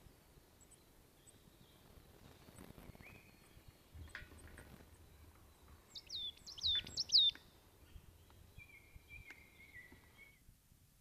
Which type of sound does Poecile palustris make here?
song